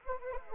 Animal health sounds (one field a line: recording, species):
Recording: mosquito wingbeat signal from an infrared sensor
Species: Anopheles arabiensis